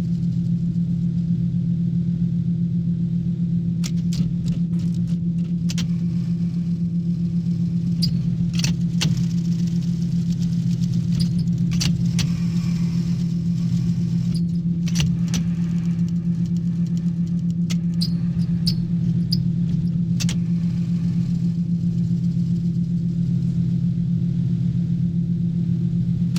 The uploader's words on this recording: This version mixes a range of revolving sounds that I find evocative of moving around an axis.